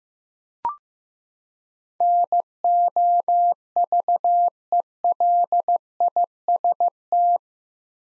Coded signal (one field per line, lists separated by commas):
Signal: Morse code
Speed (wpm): 15 wpm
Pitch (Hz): 700 Hz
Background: none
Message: NOVELIST